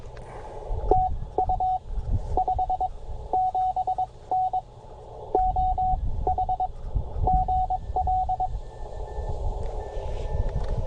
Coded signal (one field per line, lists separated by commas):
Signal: Morse code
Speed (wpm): 22 wpm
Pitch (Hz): 740 Hz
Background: radio noise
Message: TU 57N OH GL